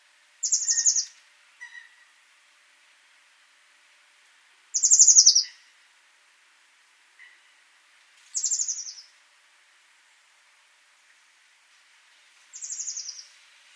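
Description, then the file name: Eurasian blue tit calls: short, high, buzzy chattering notes that slide slightly downward, given about every four seconds, with faint softer notes between them. "Cyanistes caeruleus"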